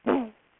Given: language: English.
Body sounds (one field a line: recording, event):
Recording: throat vibration sensor signal played as sound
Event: throat clearing